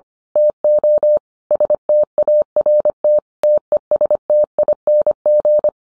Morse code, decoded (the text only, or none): TO START TESTING